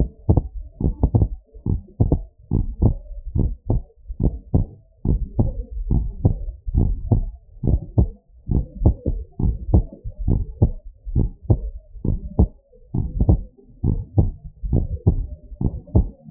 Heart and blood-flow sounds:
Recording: heart sounds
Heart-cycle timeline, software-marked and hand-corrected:
0.00	0.09	S1
0.09	0.29	systole
0.29	0.43	S2
0.43	0.85	diastole
0.85	0.95	S1
0.95	1.15	systole
1.15	1.29	S2
1.29	1.71	diastole
1.71	1.81	S1
1.81	2.01	systole
2.01	2.13	S2
2.13	2.53	diastole
2.53	2.65	S1
2.65	2.81	systole
2.81	2.95	S2
2.95	3.39	diastole
3.39	3.51	S1
3.51	3.71	systole
3.71	3.81	S2
3.81	4.25	diastole
4.25	4.35	S1
4.35	4.55	systole
4.55	4.65	S2
4.65	5.09	diastole
5.09	5.21	S1
5.21	5.39	systole
5.39	5.51	S2
5.51	5.89	diastole
5.89	6.05	S1
6.05	6.23	systole
6.23	6.35	S2
6.35	6.77	diastole
6.77	6.95	S1
6.95	7.13	systole
7.13	7.25	S2
7.25	7.69	diastole
7.69	7.81	S1
7.81	7.99	systole
7.99	8.09	S2
8.09	8.55	diastole
8.55	8.65	S1
8.65	8.83	systole
8.83	8.95	S2
8.95	9.43	diastole
9.43	9.57	S1
9.57	9.73	systole
9.73	9.85	S2
9.85	10.29	diastole
10.29	10.43	S1
10.43	10.63	systole
10.63	10.73	S2
10.73	11.15	diastole
11.15	11.29	S1
11.29	11.51	systole
11.51	11.61	S2
11.61	12.09	diastole
12.09	12.19	S1
12.19	12.37	systole
12.37	12.49	S2
12.49	12.95	diastole
12.95	13.09	S1
13.09	13.27	systole
13.27	13.41	S2
13.41	13.85	diastole
13.85	13.99	S1
13.99	14.19	systole
14.19	14.29	S2
14.29	14.71	diastole
14.71	14.85	S1
14.85	15.07	systole
15.07	15.19	S2
15.19	15.65	diastole
15.65	15.75	S1
15.75	15.95	systole
15.95	16.07	S2
16.07	16.31	diastole
From the record:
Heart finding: normal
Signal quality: good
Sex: male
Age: 67 years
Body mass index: 22.3

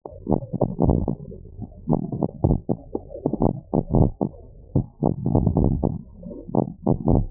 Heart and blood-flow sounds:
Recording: heart sounds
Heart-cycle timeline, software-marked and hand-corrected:
not marked
From the record:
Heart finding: abnormal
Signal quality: poor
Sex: male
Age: 72 years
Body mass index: 30.3

